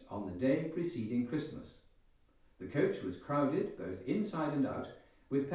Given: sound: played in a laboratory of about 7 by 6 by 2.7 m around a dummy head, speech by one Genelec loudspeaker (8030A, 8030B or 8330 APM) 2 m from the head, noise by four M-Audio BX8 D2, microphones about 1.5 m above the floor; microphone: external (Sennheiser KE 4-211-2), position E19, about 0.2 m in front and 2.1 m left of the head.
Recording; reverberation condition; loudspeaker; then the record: male speech in English; medium; 150 degrees to the right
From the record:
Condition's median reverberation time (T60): about 510 ms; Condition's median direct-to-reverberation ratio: about -0.5 dB